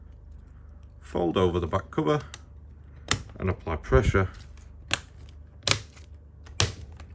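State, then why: Seated. Someone talks as a plastic back cover is folded over a Samsung A04s phone frame and pressed down around its edges. Sharp snaps ring out at 4.9, 5.7 and 6.6 seconds as the cover's clips snap into the frame, and the cover is seated.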